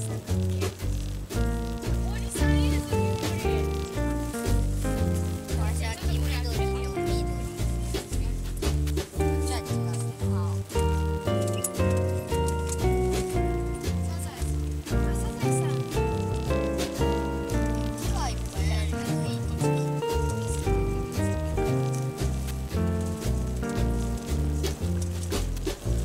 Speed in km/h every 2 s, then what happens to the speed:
28, 24, 20, 16, 12, 9, 8, 17, 19, 25, 27, 30, 32.
0-9 slows to 9. 12-26 speeds up to 32.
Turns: none.